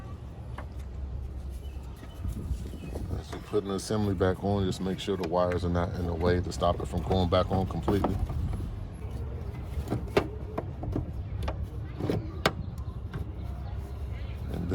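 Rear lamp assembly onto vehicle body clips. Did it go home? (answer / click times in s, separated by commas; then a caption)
yes / 12.5 s. The plastic rear tail lamp assembly of a Chrysler Pacifica, removed for a rear turn signal bulb replacement, is pushed back onto the vehicle body clips once the wires are checked to be clear and out of the way, while someone talks. A few light taps and knocks come around 10.2 to 11.5 s, then the assembly snaps into place with a sharp click at 12.5 s, seating it.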